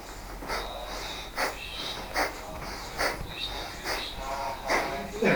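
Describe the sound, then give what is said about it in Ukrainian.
Quick, forceful breaths in a steady rhythm from a breathing exercise, inhaling and exhaling at least once a second, breathing from the belly. Each huffing inhale or exhale lands just under a second apart, breathy and fairly loud against a faint low hum. “І треба просто вдихати і видихати мінімум раз на секунду.”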